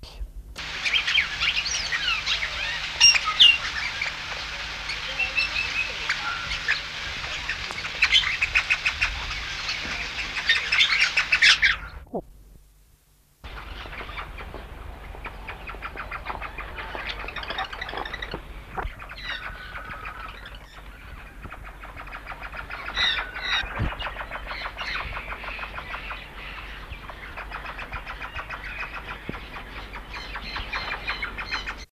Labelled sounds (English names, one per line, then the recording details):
Crimson Rosella call
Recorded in captivity
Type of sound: call
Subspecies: flaveolus
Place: Vogelpark Walsrode, Niedersachsen, DE
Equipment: Halbspur, 9,5 cm/s
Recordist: Lütgens, Hans
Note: Rufe